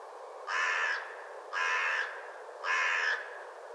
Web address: cianscape birddata Deverinetal Bird Only Co Co